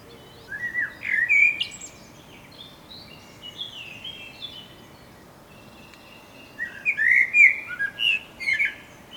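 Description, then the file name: Common blackbird singing two separate phrases, each a rich whistled warble with thin, scratchy high notes, with softer notes in the gap between them. "Turdus merula"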